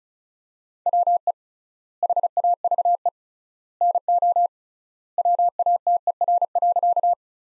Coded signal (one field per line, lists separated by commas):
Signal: Morse code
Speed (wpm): 34 wpm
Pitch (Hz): 700 Hz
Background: none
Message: WE HAVE NO WATER.